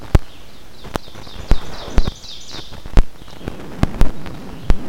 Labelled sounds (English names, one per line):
Ovenbird song